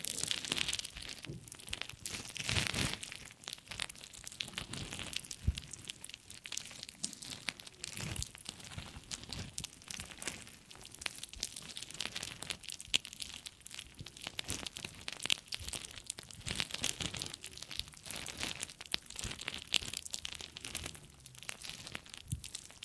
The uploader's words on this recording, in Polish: CZYSZCZENIA USZU ASMR po polsku.